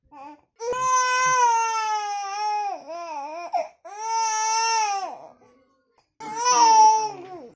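A little baby cries in three sustained, high-pitched wails of about one to two seconds each, with a clear tonal quality and falling endings, separated by brief pauses for breath. An ordinary baby cry.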